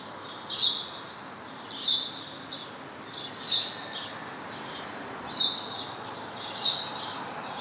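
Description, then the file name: House sparrow giving brisk harsh chirps, five notes spaced one to two seconds apart, against a low steady background noise. "Passer domesticus"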